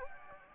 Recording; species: mosquito wingbeat signal from an infrared sensor; Anopheles gambiae